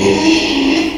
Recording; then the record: squeal of a Yucatan mini pig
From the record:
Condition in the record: after surgery on the right vocal fold (resection and tissue-engineered implant); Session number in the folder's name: 2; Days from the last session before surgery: 13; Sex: male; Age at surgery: 12 weeks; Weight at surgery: 13 kg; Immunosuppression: cyclosporine, prednisolone